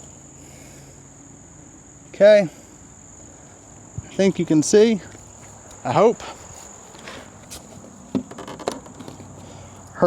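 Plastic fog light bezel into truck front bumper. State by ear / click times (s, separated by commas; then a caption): seated / 8.7 s. A plastic fog light bezel is pressed with both hands into the front bumper opening of a 2024 Chevy Colorado Trail Boss while someone talks. After some soft rustling and handling taps, a sharp click is heard at 8.7 seconds as the bezel clip snaps in and seats.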